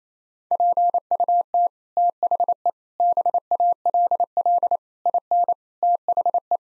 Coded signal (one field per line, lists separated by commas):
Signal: Morse code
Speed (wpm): 28 wpm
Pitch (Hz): 700 Hz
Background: none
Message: PUT THE BALL IN THE